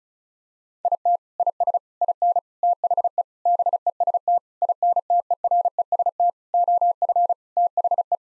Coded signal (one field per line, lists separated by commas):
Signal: Morse code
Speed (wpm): 36 wpm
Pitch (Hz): 700 Hz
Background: none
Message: IT IS IN THE BEST INTEREST OF THE